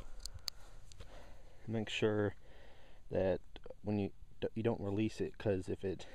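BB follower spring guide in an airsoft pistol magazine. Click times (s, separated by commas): 0.3 s, 0.5 s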